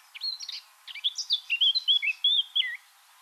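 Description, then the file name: Eurasian blackcap song, a brief scratchy opening followed by a rich run of loud, clear whistled notes before stopping. "Sylvia atricapilla"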